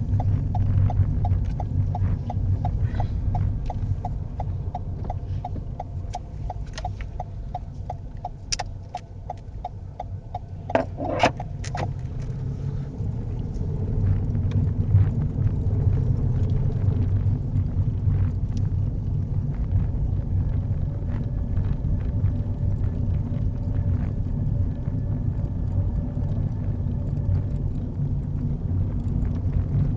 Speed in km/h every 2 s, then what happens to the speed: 13, 10, 8, 5, 10, 15, 19, 21, 19, 23, 23, 23, 24, 24, 27.
0-7 slows to 5. 7-12 speeds up to 19. 12-30 steady at about 23.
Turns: 4-9.